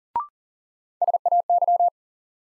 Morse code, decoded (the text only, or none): SAY